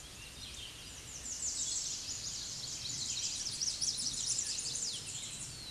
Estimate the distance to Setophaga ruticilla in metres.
about 50 m